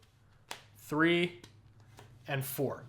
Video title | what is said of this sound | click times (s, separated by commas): THEY FIXED The Biggest Issue!! - RhinoShield SolidX for iPhone 17 Pro Max/iPhone Air | This has a nice click onto the case, so you definitely don't have to worry about if you were to drop this thing, | 0.5 s